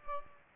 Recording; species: mosquito wingbeat signal from an infrared sensor; Aedes aegypti